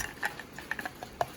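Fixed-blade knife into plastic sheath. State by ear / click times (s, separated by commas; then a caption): seated / 1.2 s. A second Morakniv Companion-series fixed-blade knife is pushed into its black plastic sheath, making a series of light plastic ticks and scrapes. A solid click at 1.2 s shows the knife seated firmly in the sheath.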